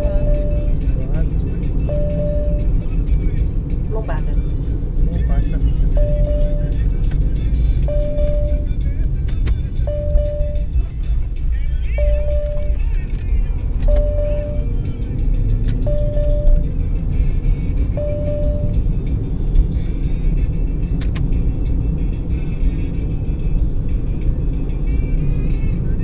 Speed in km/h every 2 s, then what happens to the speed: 60, 57, 53, 51, 40, 24, 28, 40, 47, 55, 58, 59, 59.
0-10 brakes to 24. 11-26 speeds up to 59.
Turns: none.